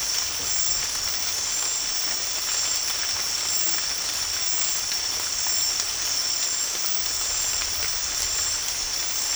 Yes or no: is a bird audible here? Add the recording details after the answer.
no. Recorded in dense forest near Puerto Asís, Putumayo, Colombia, on 13 March 2025 at 22:30. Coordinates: 0.503, -76.323. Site GP09